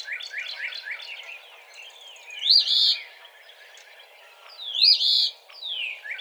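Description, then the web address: Eastern phoebe giving harsh buzzy phrases about two and a half seconds apart, after a quick run of descending chirps at the start. Recorded 17 March 2007. "Eastern Phoebe 2007 03 17"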